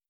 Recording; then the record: hydrophone in a shrimp aquaculture tank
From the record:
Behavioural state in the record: stressed